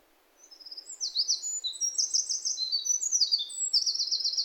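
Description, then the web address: Bird song starting after a short pause, a fast run of high, buzzy trilled phrases and downslurred notes continuing steadily to the end. "yacho koe"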